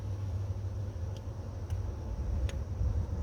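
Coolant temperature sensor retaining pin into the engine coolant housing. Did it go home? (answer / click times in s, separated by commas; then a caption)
yes / 2.5 s. On a 2014 Chevy Silverado, the small dark retaining pin for a new coolant temperature sensor is pushed onto the slightly flared side of the engine coolant housing to lock the sensor in, over a steady low rumble with a few faint ticks. A sharp click at 2.5 s marks the pin seating, and the sensor is locked in place.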